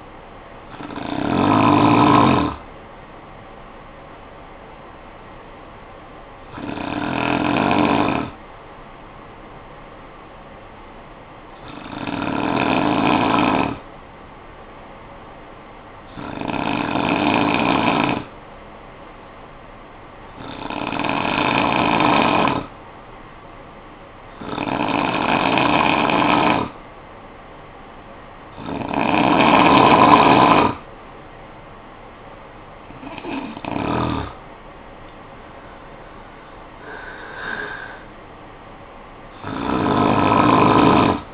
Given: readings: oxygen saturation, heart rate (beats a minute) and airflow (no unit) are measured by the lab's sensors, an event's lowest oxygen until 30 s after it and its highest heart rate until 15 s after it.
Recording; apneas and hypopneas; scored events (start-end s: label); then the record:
breathing in sleep by a voice recorder at the bedside; 1
8.00-32.10 s: hypopnea (N2, oxygen 96% highest, then 89% lowest, heart rate 52 at the start, 71 highest)
From the record:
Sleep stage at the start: N2 (light sleep); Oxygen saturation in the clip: 89 to 96%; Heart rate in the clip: 52 to 71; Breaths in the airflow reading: 9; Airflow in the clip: -6.9 to 7.7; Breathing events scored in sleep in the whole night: 445 in 7.6 hours asleep